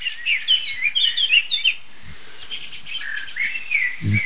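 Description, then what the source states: Song thrush scolding with harsh, rapid chattering bursts in two runs separated by a short pause; a few low thumps in the background. Agitated, excited song thrush scolding; these calls heard on and off, sometimes long-lasting, for almost ten days.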